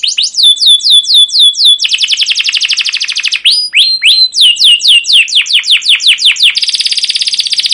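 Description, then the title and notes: Canary song of loud repeated descending chirps alternating with buzzy rapid trills, phrases changing every second or two. Canary song with "cuit cuit" chirps, used as a lure and tutor recording for training young canaries to sing long and energetically. "CUIT CUIT NGEROL LANGSUNG GACOR PANJANG Kenari Ini AMPUH Utk Pancingan KENAR. PANCINGAN Kenari GACOR PANJANG Cuit CUIT EMOSI ini AMPUH utk MASTERAN Kenari PAUD belajar BUNYI. burung kenari"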